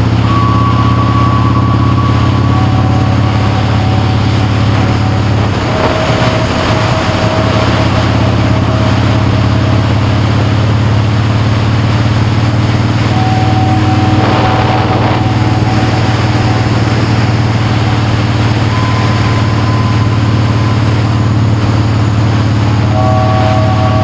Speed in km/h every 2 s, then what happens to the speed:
60, 66, 58, 56, 64, 66, 68, 63, 63, 63, 61, 60.
0-6 steady at about 58. 6-12 speeds up to 68. 12-24 steady at about 63.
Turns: none.